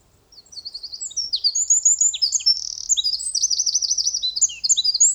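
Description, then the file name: Eurasian wren singing a loud, high, fast song of varied twittering notes and buzzy runs, with a rapid rattling trill near the end. "Troglodytes troglodytes"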